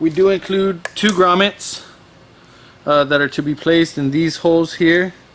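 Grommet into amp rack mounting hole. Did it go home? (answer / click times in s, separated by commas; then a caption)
no / none. Someone talks about two rubber grommets that go into the holes of the metal plate on a Tacotunes Universal Amp Rack, with a quiet pause in the middle of the speech. The grommets are only being handled; nothing has been pushed in or snapped into place yet.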